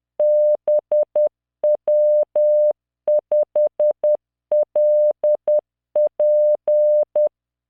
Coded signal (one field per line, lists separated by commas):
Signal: Morse code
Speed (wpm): 10 wpm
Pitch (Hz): 600 Hz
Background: none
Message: BW5LP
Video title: tamanのモールス練習動画93（モールス信号 速度10WPM morse code)